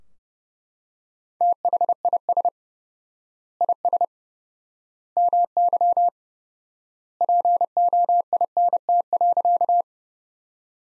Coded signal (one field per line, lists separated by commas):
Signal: Morse code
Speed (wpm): 32 wpm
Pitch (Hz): 700 Hz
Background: none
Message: THIS IS MY POINT.